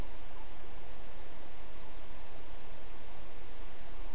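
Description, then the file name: Insects giving a constant high, shrill hum, even throughout, over background noise. "mainly insect"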